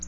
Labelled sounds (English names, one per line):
Black-throated Blue Warbler flight call